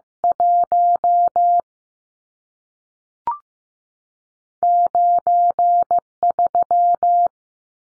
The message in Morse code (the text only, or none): 19 3